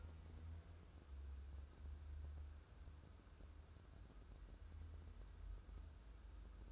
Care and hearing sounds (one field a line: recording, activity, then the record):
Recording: daily activity, microphone in the room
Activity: wipe stove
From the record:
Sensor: 2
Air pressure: 1015.0 hPa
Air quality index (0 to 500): 50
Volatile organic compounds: 1 ppm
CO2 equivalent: 640 ppm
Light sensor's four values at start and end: 13/35/14/15 and 13/35/14/15